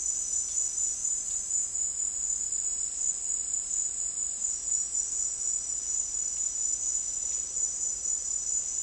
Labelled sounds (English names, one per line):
none